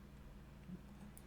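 A plastic model kit part with two square pegs is pushed into the gaps in the lower torso of a plastic model kit and pops into place. Over a steady low hum, a single short, soft click is heard at 1.2 s as the part seats.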